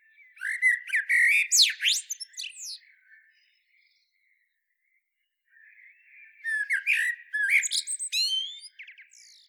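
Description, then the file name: Common blackbird song, two phrases a few seconds apart, each with mellow whistled warbling and a scratchy, high twittered ending. "Turdus merula"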